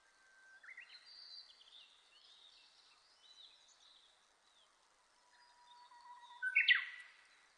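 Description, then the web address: Japanese bush warbler singing a drawn-out whistle that breaks into a bright flourish, then later a lower whistle ending in another sharp flourish, with faint twitters between. Recorded 30 April 2005. "2005 050430 uguisu"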